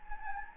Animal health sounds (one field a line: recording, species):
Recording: mosquito wingbeat signal from an infrared sensor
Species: Anopheles gambiae